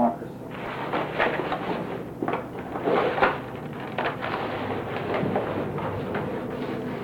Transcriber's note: shuffling of papers